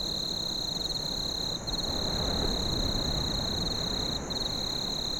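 Cricket trill, a continuous high buzz broken twice briefly, over low background rumble.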